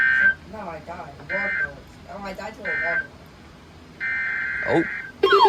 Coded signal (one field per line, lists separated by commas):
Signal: Emergency Alert System (SAME) tones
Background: speech